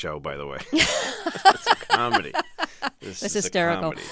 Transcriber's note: laughter